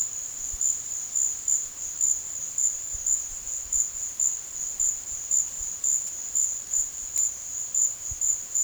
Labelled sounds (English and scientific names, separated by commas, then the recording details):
none
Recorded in secondary vegetation near Puerto Asís, Putumayo, Colombia, on 27 June 2025
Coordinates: 0.488, -76.319
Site G094